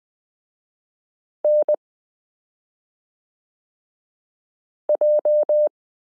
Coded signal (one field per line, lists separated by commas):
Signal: Morse code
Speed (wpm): 20 wpm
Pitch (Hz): 600 Hz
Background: none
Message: NJ